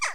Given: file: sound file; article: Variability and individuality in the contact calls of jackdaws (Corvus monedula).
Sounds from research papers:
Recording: jackdaw call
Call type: harmonic

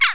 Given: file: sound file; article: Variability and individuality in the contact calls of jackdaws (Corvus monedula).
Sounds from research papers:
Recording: jackdaw call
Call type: harmonic

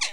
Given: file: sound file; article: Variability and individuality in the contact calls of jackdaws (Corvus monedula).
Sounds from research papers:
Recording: jackdaw call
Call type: harmonic

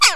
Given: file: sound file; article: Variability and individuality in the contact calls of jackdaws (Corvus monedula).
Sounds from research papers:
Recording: jackdaw call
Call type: harmonic

